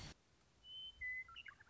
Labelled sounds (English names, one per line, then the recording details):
Western Meadowlark
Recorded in Sonoma County, California